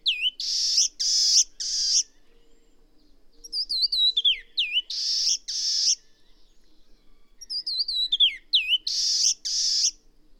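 Bird song mixing loud harsh rasping bursts with brief series of hooked, downward-sweeping whistled notes, repeated a few times.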